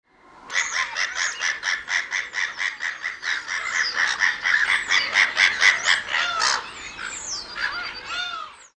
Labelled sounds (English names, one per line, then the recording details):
Black-headed Gull
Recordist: Tembrock, Günter
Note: Lautfolge bei Begattung